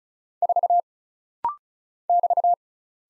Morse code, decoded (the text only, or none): 4 <BT>